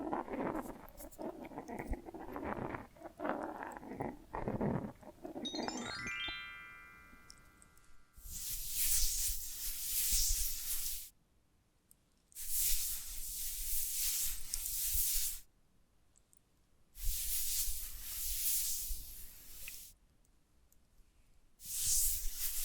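Tapping and scratching open with a busy stretch of irregular knocks and rubbing for about six seconds, then a brief rising tone. After that, bright hissy scratching strokes arrive in four long bursts, each a few seconds long, separated by near-silent gaps.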